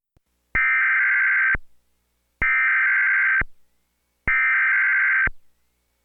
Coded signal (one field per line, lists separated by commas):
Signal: Emergency Alert System (SAME) tones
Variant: header bursts